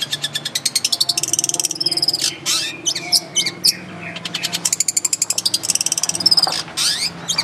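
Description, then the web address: Long-tailed shrike song alternating fast rattling trills with bursts of sharp chirps and slurred notes, the rattles returning several times. Long-tailed shrike (cendet/pentet) in the tembakan song style, used to train caged birds. "cendet pentet tembakan. masteran cendet"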